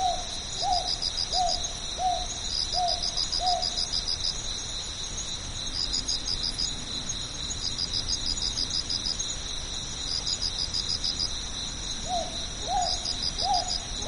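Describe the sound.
Northern boobook hoots in a short rhythmic run, then a long pause filled by cricket trills, before the hooting resumes near the end.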